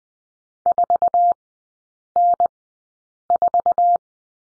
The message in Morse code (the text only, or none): 4N4